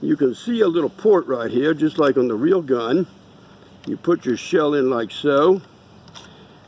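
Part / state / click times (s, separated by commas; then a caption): airgun shell cartridge into the rifle's loading port / seated / 6.1 s. An airgun shell cartridge is pushed into the loading port on the side of a lever-action airgun while someone talks. A short, sharp click is heard at 6.1 s as the shell seats in the port.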